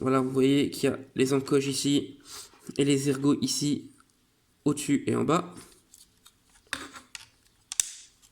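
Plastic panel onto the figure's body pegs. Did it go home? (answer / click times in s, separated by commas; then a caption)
yes / 6.7 s, 7.8 s. Someone talks, then presses a plastic panel onto the pegs and tabs at the top and bottom of a transforming action figure's body. The panel snaps into place with sharp plastic clicks at about 6.7 and 7.8 seconds, seating it firmly.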